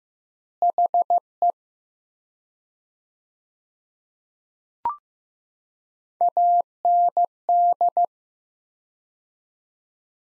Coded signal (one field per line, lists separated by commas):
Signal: Morse code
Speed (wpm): 15 wpm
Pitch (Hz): 700 Hz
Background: none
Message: HE AND